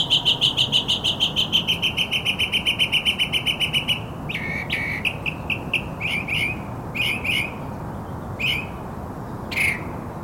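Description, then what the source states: Northern mockingbird delivering a long fast series of rapid repeated notes, then a run of sharp downslurred chattering notes at irregular intervals. Recorded on Maui, Hawaii, August 2026.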